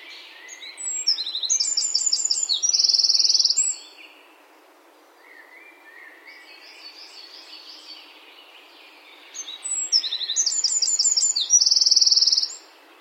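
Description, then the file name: Eurasian wren song: two energetic, high-pitched outpourings of rapid notes ending in a bright, dense trill, with quiet twitters between. "Troglodytes troglodytes"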